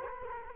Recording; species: mosquito wingbeat signal from an infrared sensor; Culex quinquefasciatus